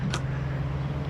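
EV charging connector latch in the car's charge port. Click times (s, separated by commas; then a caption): 0.1 s. With the charging connector plugged into an electric car's charge port, the driver presses "unlock charge port" on the car's screen. Over a steady low hum, the charge port latch gives a single sharp click at 0.1 s and releases the plug.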